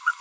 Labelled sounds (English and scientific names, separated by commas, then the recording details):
Green-rumped Parrotlet (Forpus passerinus) babbling
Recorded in a nest box in Venezuela
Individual 18B25A5